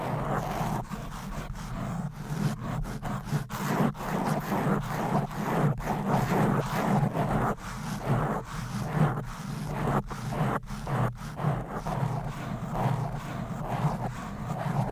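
Fast, aggressive mic scratching fills the whole stretch as dense, rough rubbing with frequent abrupt cuts and a low, steady hum underneath.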